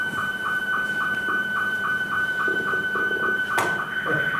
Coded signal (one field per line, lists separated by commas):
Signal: SSTV (slow-scan television)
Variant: Scottie 2